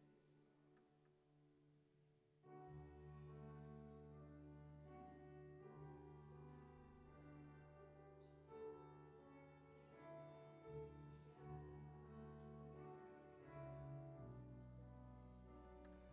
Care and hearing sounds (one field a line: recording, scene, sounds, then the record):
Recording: everyday scene through a hearing-aid microphone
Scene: reverberant space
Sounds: music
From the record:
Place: church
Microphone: behind the ear, right, rear